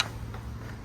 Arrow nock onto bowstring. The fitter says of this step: of the bow is thicker to hold the arrow clicked into place this